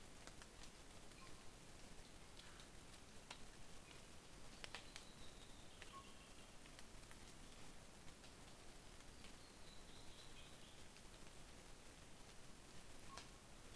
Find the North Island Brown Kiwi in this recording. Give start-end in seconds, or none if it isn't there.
none